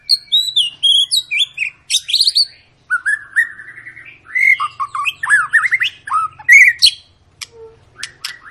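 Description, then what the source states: White-rumped shama singing a long, varied medley of clear whistles, downslurred notes and rapid chirping trills, phrases tumbling one into the next with few gaps. Long lure recording (pancingan) of a shama singing vigorously (gacor), used to prompt other birds to sing.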